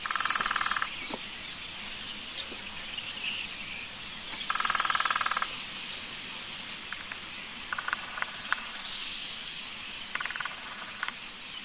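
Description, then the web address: Lesser spotted woodpecker: quick, pulsed call bursts at the start and around five seconds, then fainter short series, with scattered clicks and hiss. "chants Pic epeichette"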